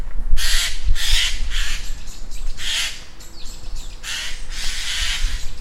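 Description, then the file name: Eurasian jay giving harsh, rasping screeches in an irregular series over a low rumble of background noise. "Garrulus glandarius"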